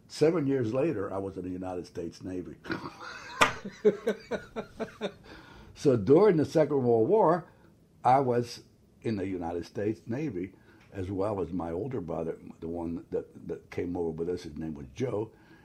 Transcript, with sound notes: Seven years later I was in the United States Navy. (laughs) So during the Second World War I was in the United States Navy, as well was my older brother -- the one that that came over --this -- his name was Joe.